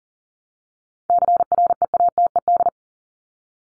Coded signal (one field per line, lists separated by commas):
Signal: Morse code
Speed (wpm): 40 wpm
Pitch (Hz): 700 Hz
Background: none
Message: CREATED